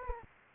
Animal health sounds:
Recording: mosquito wingbeat signal from an infrared sensor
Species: Anopheles arabiensis

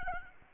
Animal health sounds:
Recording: mosquito wingbeat signal from an infrared sensor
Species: Aedes albopictus

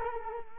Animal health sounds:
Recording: mosquito wingbeat signal from an infrared sensor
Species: Culex quinquefasciatus

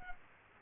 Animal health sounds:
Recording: mosquito wingbeat signal from an infrared sensor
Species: Culex quinquefasciatus

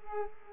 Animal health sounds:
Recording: mosquito wingbeat signal from an infrared sensor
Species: Aedes aegypti

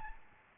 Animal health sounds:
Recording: mosquito wingbeat signal from an infrared sensor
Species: Aedes albopictus

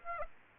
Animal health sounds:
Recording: mosquito wingbeat signal from an infrared sensor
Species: Aedes aegypti

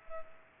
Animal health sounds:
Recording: mosquito wingbeat signal from an infrared sensor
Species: Culex pipiens

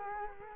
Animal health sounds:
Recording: mosquito wingbeat signal from an infrared sensor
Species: Culex quinquefasciatus

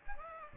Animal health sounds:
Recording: mosquito wingbeat signal from an infrared sensor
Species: Aedes aegypti

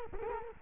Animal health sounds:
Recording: mosquito wingbeat signal from an infrared sensor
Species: Culex quinquefasciatus

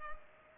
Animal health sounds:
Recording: mosquito wingbeat signal from an infrared sensor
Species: Culex pipiens

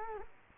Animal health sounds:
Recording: mosquito wingbeat signal from an infrared sensor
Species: Culex quinquefasciatus

